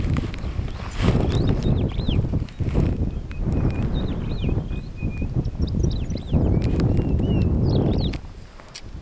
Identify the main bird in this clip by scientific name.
Lamprotornis superbus